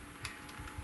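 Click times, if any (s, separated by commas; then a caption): none. A microSD memory card, taken out of its case, is handled at the card slot of a dash cam for a 2001 Toyota 4-Runner. Soft handling noises are heard, with a brief sharp tick at 0.2 s. Nothing has seated or clicked into the slot yet.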